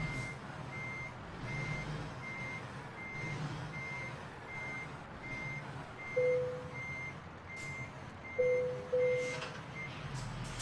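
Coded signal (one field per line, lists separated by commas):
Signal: none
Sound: a truck's reversing beeps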